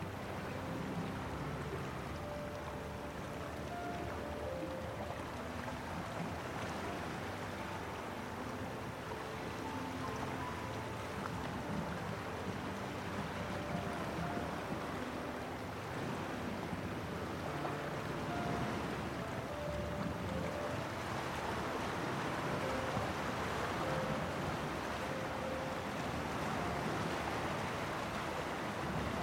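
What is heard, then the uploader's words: Waves wash against the shore in a dense, steady roar that swells slightly near the end, with faint, scattered piano notes above. Costal cliff waves sounds and calming piano melodies. The soothing sounds of waves caressing the shore.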